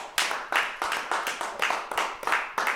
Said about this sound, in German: Applaus.